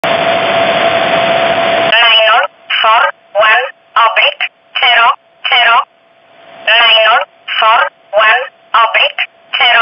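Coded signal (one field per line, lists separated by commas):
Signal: numbers station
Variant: E11 Oblique, English voice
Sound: hiss with a steady tone, then a voice reading short words at even intervals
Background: radio static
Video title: 19 06 2019 E11 Oblique Numbers station in English 0640 on 15800 unknown tx site in USB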